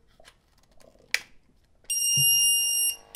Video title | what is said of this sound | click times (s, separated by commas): Draeger X-AM 2500 Training Video - Part 1 | push it all the way forward until you hear it click the | 1.1 s